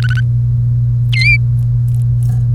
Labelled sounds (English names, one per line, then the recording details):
Domestic Canary song
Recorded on 1 May 2018 at 07:11
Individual llb3